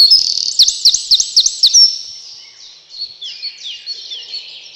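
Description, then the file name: Eurasian wren giving a short, shrill song of a few quick looping notes, followed by softer high twittering. "крапивник"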